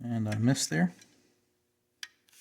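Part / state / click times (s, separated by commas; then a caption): C-clip into its groove on a rifle part / seated / 2.0 s. A small steel C-clip is pressed home into its groove on a rifle part with a flat screwdriver bit on the second try. Someone talks briefly, then after a pause a sharp click is heard at 2.0 seconds as the clip seats in place.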